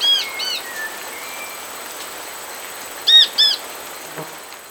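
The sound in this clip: Bird calls: a pair of arched ringing notes at the start, a faint thin whistle, then another pair about three seconds later.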